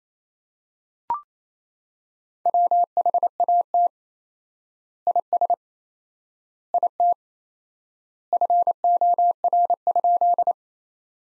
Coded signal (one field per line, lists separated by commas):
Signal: Morse code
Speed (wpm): 28 wpm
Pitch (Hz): 700 Hz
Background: none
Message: WHAT IS IT FOR?